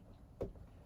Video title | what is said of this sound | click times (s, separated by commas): Swift Sprite Quattro EW Handover Video | Just push it out gently and you hear a click. | 0.4 s